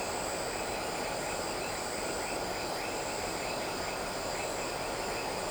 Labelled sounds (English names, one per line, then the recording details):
none
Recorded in shrubland near Pivijay, Magdalena, Colombia, on 13 April 2023 at 19:00
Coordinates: 10.453, -74.365
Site P5-G022